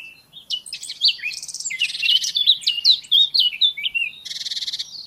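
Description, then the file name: Eurasian blackcap delivering a brisk warble of slurred whistles and harsh buzzy chatters, ending on a rapid rasping rattle. "Sylvia atricapilla"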